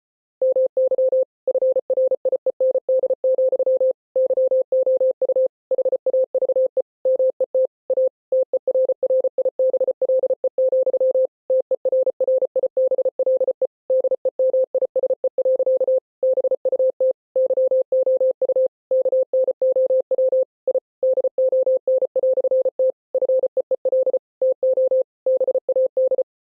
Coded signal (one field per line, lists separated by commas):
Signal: Morse code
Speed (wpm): 33 wpm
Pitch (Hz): 520 Hz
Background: none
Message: MY FRIEND, YOU HAVE MET A TERRIBLE, TERRIBLE DEMISE. BUT YOU KNOW I DON"T FEEL TO BAD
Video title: Mr. Hippo Speech but ITS IN MORSE CODE! [Flashing lights warning!]